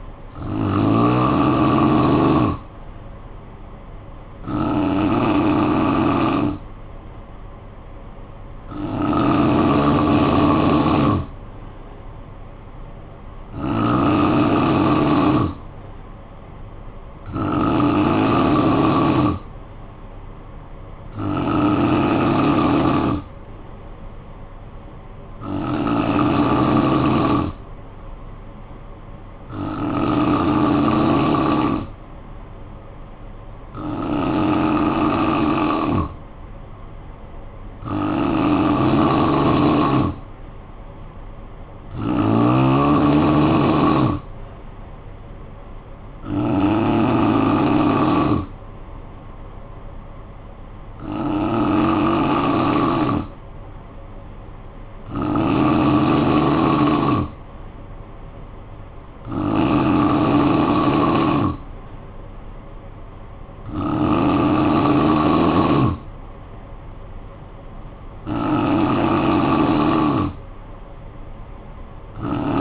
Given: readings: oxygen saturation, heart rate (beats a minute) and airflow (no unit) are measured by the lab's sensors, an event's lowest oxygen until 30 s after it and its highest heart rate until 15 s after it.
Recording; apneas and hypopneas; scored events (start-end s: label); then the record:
breathing in sleep by a smartphone at the bedside; 1
13.00-36.90 s: hypopnea (N3, oxygen 93% highest, then 88% lowest, heart rate 59 at the start, 59 highest)
From the record:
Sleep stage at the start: N3 (deep sleep); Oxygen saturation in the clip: 88 to 93%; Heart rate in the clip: 53 to 61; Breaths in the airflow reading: 17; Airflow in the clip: -8.4 to 4.0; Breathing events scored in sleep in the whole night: 445 in 7.6 hours asleep